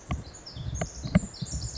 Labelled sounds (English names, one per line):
Pacific Wren